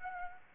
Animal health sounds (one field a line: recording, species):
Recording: mosquito wingbeat signal from an infrared sensor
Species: Aedes aegypti